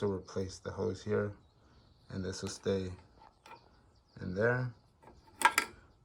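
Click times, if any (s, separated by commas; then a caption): 5.5 s, 5.6 s. Someone talks while working on a 2006 Chevy Equinox, pulling the old vapor canister (EVAP) purge hose quick-connector off its plastic fitting on the purge valve; the hose is being replaced while troubleshooting codes P0441 and P0446. Two sharp clicks are heard at 5.5 s and 5.6 s as the connector pops out and comes free, releasing the hose.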